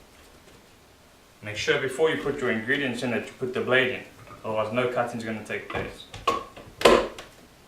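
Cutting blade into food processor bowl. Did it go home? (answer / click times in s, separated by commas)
yes / 6.8 s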